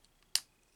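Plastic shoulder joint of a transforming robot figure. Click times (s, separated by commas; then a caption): 0.4 s. A troublesome plastic shoulder joint on a transforming robot figure is forced and snaps loudly into place at 0.4 s with a single sharp, bright click. Two faint ticks come before it at 0.1 s and 0.2 s, and the joint ends up seated.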